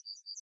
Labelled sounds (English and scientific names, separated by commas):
Yellowhammer (Emberiza citrinella) song